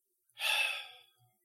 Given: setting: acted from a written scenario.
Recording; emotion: vocal sound without words; contempt